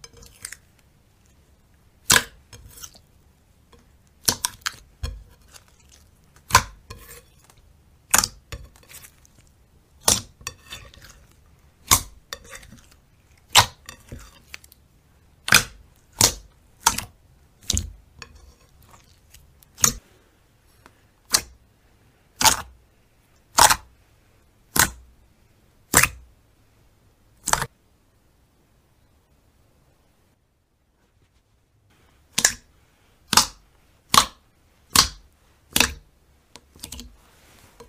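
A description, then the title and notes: Slime being worked, giving sharp, crisp pops and snaps about once a second, with faint squishy crackles between them early on. The background turns quieter later, and the popping stops for a few seconds near the end before resuming. Satisfying slime ASMR.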